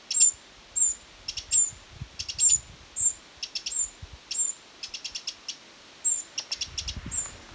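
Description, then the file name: Eurasian wren calls: sharp clicking ticks in quick groups alternating with brief high thin notes, with some low rumbling noise near the end. "Troglodytes troglodytes"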